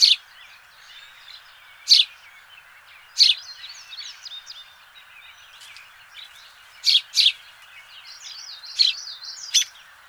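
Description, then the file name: House sparrow calls: a string of sharp, bright chirps, some doubled, scattered throughout, with lighter twittering in the background. "Passer domesticus"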